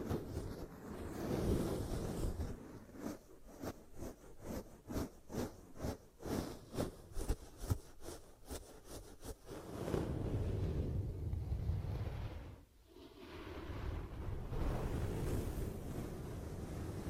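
Ear cupping sounds, with hands pressing over the microphone in muffled, rumbling whooshes. From about 3 to 10 seconds the cupping comes as quick, regular pulses; after that it settles into a steadier, low, ocean-like roar with a brief hush near 13 seconds.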